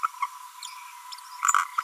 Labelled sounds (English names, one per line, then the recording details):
Green-rumped Parrotlet babbling
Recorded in a nest box in Venezuela
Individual 18B25A5